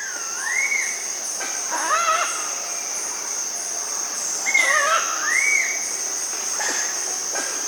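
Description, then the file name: Dusky-tailed Flatbill giving whistled dipping-and-rising notes, with a few other brief bird notes and a constant high insect buzz behind. Amazon region of Bolivia and Peru. "Dusky-tailed Flatbill (Ramphotrigon fuscicauda), Bolivia, Peru"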